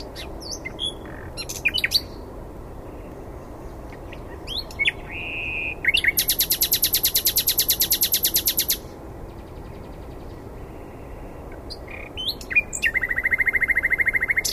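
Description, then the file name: Common nightingale song, mixing sharp whistles and clicks with a long, dense buzzing rattle lasting about three seconds, followed later by another rapid trill. "Luscinia megarhynchos"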